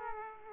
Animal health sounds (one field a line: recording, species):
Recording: mosquito wingbeat signal from an infrared sensor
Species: Aedes aegypti